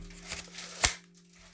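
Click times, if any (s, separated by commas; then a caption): 0.3 s, 1.0 s. A handheld console controller is slid into a plastic controller grip and snaps into place with a very nice click-in, with clicks at 0.3 s and 1.0 s. A louder plastic burst comes around 0.8 s before the clip falls quiet, and the controller is seated in the grip.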